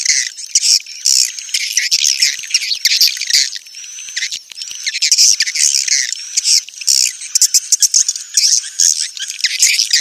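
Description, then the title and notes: Swiftlets chattering in a busy flock, with high scratchy chirps and short trills overlapping constantly and a few drawn-out whistled notes in the middle. Swiftlet sound used for swiftlet farming in Asia. "Swiflet Bird Sound. Farming Swiflet Bird asia sound"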